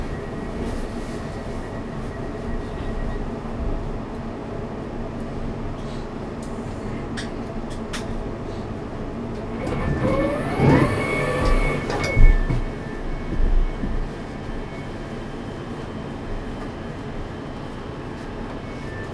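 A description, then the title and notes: A quiet commuter train rumbles steadily and low, with faint clicks and a brief surge of screeching, clattering noise around the middle. Captured in a commuter train in the early evening. It is dark outside and the train is not very busy. Early evening commuter train.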